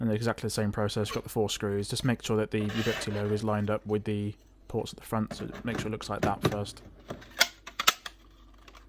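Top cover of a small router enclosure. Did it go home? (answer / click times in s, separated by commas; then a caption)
yes / 7.4 s, 7.9 s. Someone talks while reassembling a USG-3P router, lining the top cover of the small plastic enclosure up with the ports at the front. Speech fills the first seven seconds, then a quick run of sharp plastic clicks follows as the cover is pressed shut. It snaps and clicks into place at 7.4 s and 7.9 s, with the cover seated.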